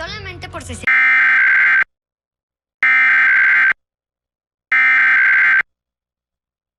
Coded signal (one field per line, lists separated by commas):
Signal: Emergency Alert System (SAME) tones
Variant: header bursts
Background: speech